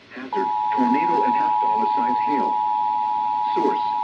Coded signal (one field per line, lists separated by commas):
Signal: Emergency Alert System (SAME) tones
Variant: 853 and 960 Hz attention tone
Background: speech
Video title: My Reecom Finally Went Off For an SVR/TOR!!! EAS Alerts from 6/25/2026 (EAS 338-352)